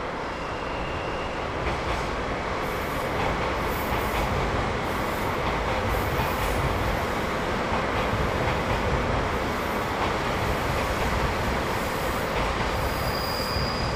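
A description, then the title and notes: The Twilight Express sleeper train pulls out of Sapporo Station with a steady, dense rumble and hiss of wheels and cars rolling along the rails. Faint rhythmic clacks recur every second or so, and a thin high whine appears near the end. Sleeper limited express Twilight Express departure scene from Sapporo Sta. The first memorable recording with the first PCM recorder [ZOOM H2] is the [Twilight Express] departing from Sapporo Station.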